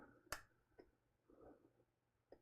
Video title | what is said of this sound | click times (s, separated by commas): Photography Masterclass - How to Light and Photograph People - Adobe Creative Cloud | I heard my click finally | 0.3 s